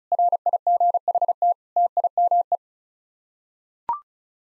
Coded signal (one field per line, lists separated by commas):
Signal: Morse code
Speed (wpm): 36 wpm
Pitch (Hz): 700 Hz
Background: none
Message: RIGHT TIME